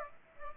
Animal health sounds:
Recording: mosquito wingbeat signal from an infrared sensor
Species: Aedes aegypti

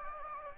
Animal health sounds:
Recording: mosquito wingbeat signal from an infrared sensor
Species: Anopheles gambiae

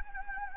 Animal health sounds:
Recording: mosquito wingbeat signal from an infrared sensor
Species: Anopheles gambiae

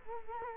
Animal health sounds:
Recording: mosquito wingbeat signal from an infrared sensor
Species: Culex quinquefasciatus

